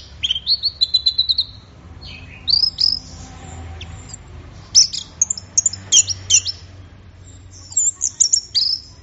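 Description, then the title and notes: Orange-headed thrush song: rapid high whistled phrases, some trilled, in bursts with short pauses, loud and varied. Bird in full song, called gacor in Indonesian, used for training songbirds. "Anis Merah Gacor Teler. Kumpulan Suara Burung Anis"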